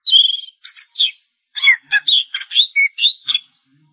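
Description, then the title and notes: Long-tailed shrike song of varied warbled whistles and chirps, each note differently pitched, in a lively jumbled sequence. "Pentet 201703. Suara burung pentet"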